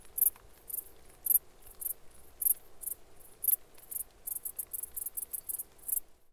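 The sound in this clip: Grasshopper chirps in brief high bursts, spaced irregularly at first, then quickening into a faster run before stopping abruptly.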